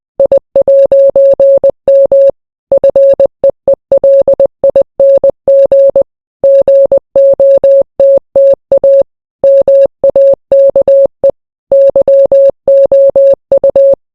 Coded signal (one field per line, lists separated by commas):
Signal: Morse code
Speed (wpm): 20 wpm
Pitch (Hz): 550 Hz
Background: none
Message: I'M FEELING GOTTA MAKE YOU